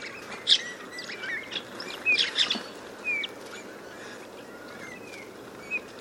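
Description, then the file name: Eurasian bullfinch giving a few soft, downslurred whistles, with sharp chips and twitters from other birds around them. "Pyrrhula pyrrhula"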